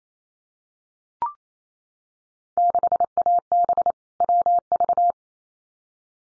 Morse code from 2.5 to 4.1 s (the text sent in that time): 6AB